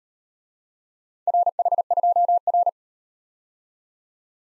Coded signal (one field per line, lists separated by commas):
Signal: Morse code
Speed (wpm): 38 wpm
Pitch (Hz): 700 Hz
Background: none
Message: RH2R